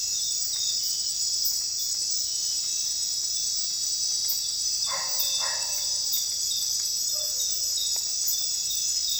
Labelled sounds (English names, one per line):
none